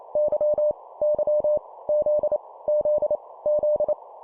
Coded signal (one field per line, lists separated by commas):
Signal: Morse code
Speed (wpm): 28 wpm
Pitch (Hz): 600 Hz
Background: none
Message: Y Y Z Z Z